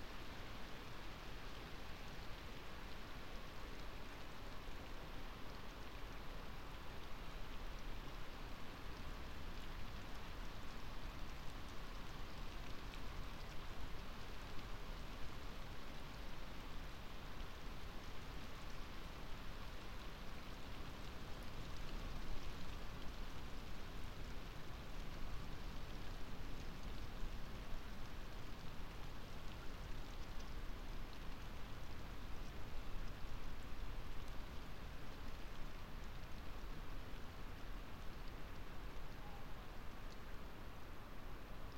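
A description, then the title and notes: Night rain falls on a drystone wall in a dense, steady hiss that barely changes across the whole stretch, with fine patter throughout. Night rain falls on a drystone wall. This sound view was recorded from the top of a drystone wall overlooking fields of nocturnal sheep, in the North Yorkshire market town of Settle last August.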